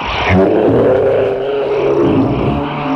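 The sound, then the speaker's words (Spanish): The roar of a huge carnivorous dinosaur with a broad, flattened toad-like snout, chasing in pursuit in the unknown lands of Maple White by the Amazon: a loud, deep roar rumbling continuously for about three seconds, a gravelly growling bellow with harsh low grunting texture and no pauses, without any talking. “Tanto su grito feroz como la horrible energía que ponía en su persecución me persuadieron de que era seguramente uno de los grandes dinosaurios carnívoros, una de las bestias más terribles que habían pisado la faz de la Tierra.”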